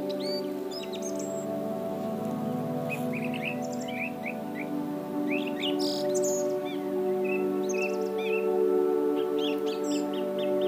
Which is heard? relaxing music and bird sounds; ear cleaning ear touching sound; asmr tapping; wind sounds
relaxing music and bird sounds